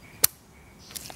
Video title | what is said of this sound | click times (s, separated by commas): WIRE TUCKING! PT:2!! Headlight Harness HSG EP. 4-28 | clicks right in | 0.2 s